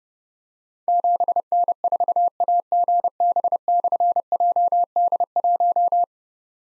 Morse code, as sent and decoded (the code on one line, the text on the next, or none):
--... -. ....- .- --. -... -..-. .--- -.. .----
7N4AGB/JD1